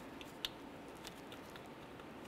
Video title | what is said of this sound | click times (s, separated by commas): How to Replace Crankshaft Position Sensor 2012-2018 Nissan Altima | press it in listen for our click | 0.4 s